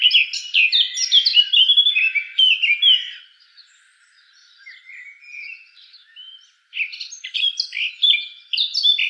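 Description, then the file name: Eurasian blackcap song, tumbling scratchy warble at first, then a quieter, softer passage, then another loud burst of quick varied notes. "Sylvia atricapilla"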